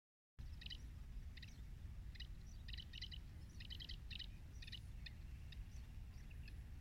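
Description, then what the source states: Zitting cisticola calling, clusters of quick metallic clicks coming in irregular bursts, some in rapid runs, against constant low-pitched environmental hum. 3 April 2019.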